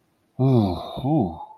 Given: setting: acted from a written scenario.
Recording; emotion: vocal sound without words; sympathy